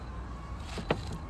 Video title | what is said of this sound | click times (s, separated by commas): How To Replace Strut Bearing & Top Mount Front Damper Assembly Honda Civic X 2016-2021 Insight 19-22 | it's going to click into place. | 0.9 s